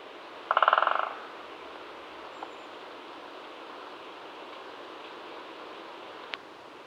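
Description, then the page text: Great spotted woodpecker drum: one short, fast roll of taps early on, then quiet background hiss with a couple of faint clicks. Drumming. "Great Spotted Woodpecker Drum. Quick Sounds"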